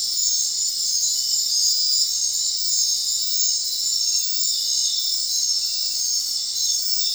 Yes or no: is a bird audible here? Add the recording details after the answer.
no. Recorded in secondary vegetation near Puerto Asís, Putumayo, Colombia, on 23 June 2025 at 20:30. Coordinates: 0.499, -76.323. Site G077